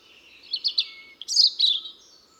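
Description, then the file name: European robin song fragment: a few brief high notes followed by a brighter, slightly scratchy flourish. "Erithacus rubecula"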